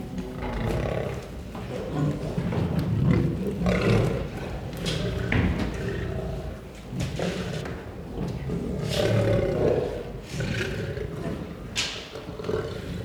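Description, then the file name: Lion growling low and gravelly in a steady rumble with several modest swells and scattered rough bursts. Growling and roaring. "Het grommen en brullen van een leeuw - Beeld en Geluid"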